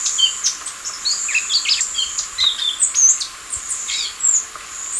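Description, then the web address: Fawn-breasted tanager song: a busy scatter of short, thin, very high chips and slurred notes over a steady high insect-like whine. Ecuador. "Birds of Ecuador. Fawn-Breasted Tanager"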